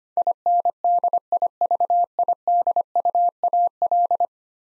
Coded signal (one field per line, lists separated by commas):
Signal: Morse code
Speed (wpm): 25 wpm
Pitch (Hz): 700 Hz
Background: none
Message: INDIVIDUAL